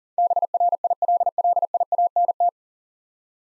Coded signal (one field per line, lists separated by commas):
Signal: Morse code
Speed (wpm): 40 wpm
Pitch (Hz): 700 Hz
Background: none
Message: BRILLIANT